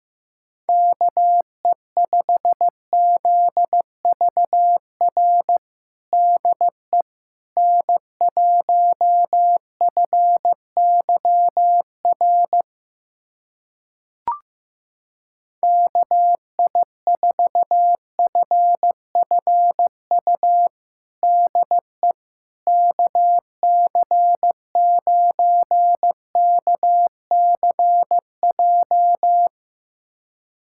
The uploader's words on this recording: USA Callsign DE Callsign 15wpm. First, the call sign pair is sent in Morse code.